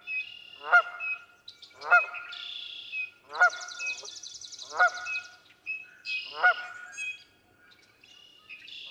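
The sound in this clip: Canada goose honking, five strong honks spaced about one and a half seconds apart, with a buzzy high trill and other bird calls between.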